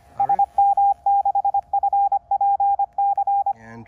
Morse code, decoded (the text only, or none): SM6FPC